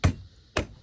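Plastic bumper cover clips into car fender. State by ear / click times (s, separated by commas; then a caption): seated / 0.0 s, 0.6 s. Two sharp snaps at 0.0 s and 0.6 s as firm presses push the plastic front bumper cover of a Cadillac CT4-V Blackwing back onto the fender, and its clips seat into place. Each snap carries low-end thump plus a bright crack that fades quickly. The clips are seated, with the cover ready to be secured by a 7 mm bolt.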